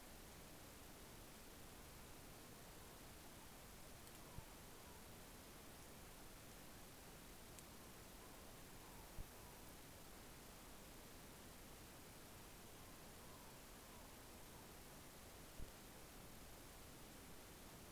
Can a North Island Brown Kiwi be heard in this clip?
no